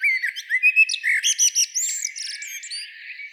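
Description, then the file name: Common blackbird giving a quick run of several clipped notes, followed by higher slurred and twittering notes that fade out. "Turdus merula"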